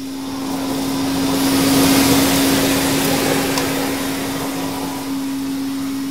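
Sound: vacuum cleaner running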